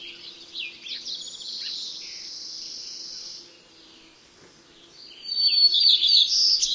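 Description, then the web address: White-crowned Sparrow song of clear high whistles and slurred notes, a quiet pause, then a loud buzzy trilled phrase at the end, with a soft background hum. Common western species of North America. "Know Your Bird Sounds Common Western Species. White-crowned Sparrow"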